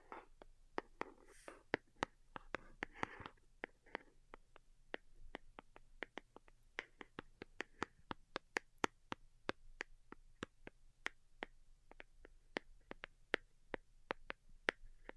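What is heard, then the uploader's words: Delicate tapping: sharp, light clicks land in quick, uneven succession, several each second, continuing throughout. A soft whispery voice murmurs in the first four seconds, and a low steady hum sits underneath the whole time. DELICATE Tapping.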